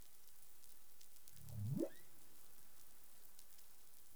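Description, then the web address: Humpback whale call, a single low moan sweeping steeply upward, with soft crackling background noise. Caribbean, 20 April 2021, 04:02 UTC. "CARIMAM. humpback whale"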